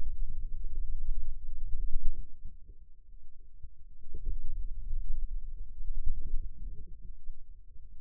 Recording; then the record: forearm muscle sounds (acoustic myography)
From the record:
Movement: pen grasping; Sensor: system 2, bracelet of six BSWA MPA416 microphones around the upper forearm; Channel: 2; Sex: male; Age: 22 years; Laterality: right